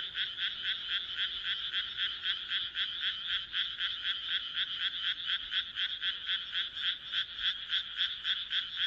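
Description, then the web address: Frog chorus of rhythmic, buzzy croaks pulsing quickly and evenly in a bright, continuous rasp. "kaeru kaeru"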